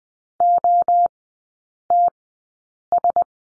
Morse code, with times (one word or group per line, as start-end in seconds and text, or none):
0.4-1.1 O
1.9-2.1 T
2.9-3.2 S